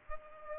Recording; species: mosquito wingbeat signal from an infrared sensor; Culex pipiens